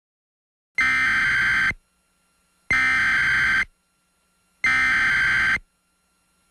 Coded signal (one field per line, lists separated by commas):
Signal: Emergency Alert System (SAME) tones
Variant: header bursts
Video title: EAS Scenario #9 - Hyper Tornadoes (A start of a new series....)